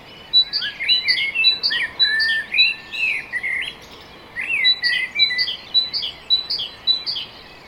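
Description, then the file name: Great tit calls in quick repeated pairs, a sharp high note followed by a lower one, with curving lower notes woven through the middle of the series. "Parus major"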